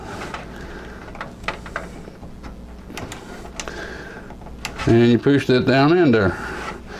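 A power supply cable plug, likely the 24-pin, is pushed down into the motherboard header while the board edge is supported, during the build of a $500 Ryzen 3 2200G entry-level gaming computer. Short, sharp handling ticks come at about 1.2, 1.5, 1.8, 3.0, 3.6 and 4.7 seconds over a low steady hum, and someone talks loudly near the end. Nothing has seated or clicked yet.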